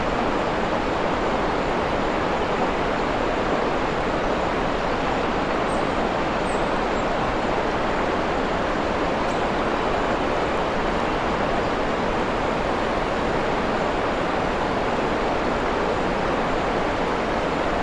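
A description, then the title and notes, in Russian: A waterfall pours in a dense, unbroken rush, steady throughout with a strong midrange hiss and a few faint high chirps near six seconds. Водопад на лесной поляне. Далекое щебетание птиц дополняет эту природную симфонию.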